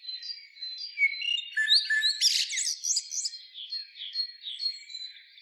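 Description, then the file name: Common blackbird song phrase, a short warbled burst ending in a high squeaky twitter, amid repeated thin high chirps. "Turdus merula"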